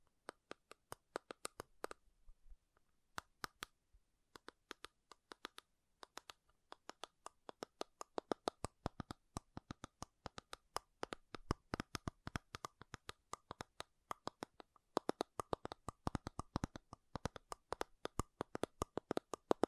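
Sharp, crisp taps and scratches on makeup come in quick irregular bursts, each a brief bright click. A short pause falls around two to three seconds. After that the tapping grows denser and steadier through the rest of the clip, with no other sounds behind it.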